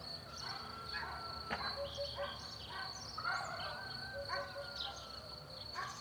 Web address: Sonniss com - GDC 2019-Game Audio Bundle Borys Peter - Rural zone countryside bird morning chorus